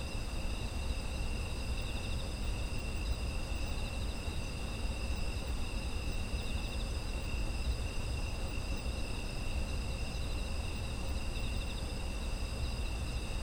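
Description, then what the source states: Insects sing a constant shrill chorus of overlapping trills, some faintly throbbing, with an even low hum beneath. Autumn insect ambience.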